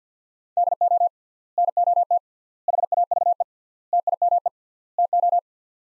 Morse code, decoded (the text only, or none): DO NOT HAVE TIME TO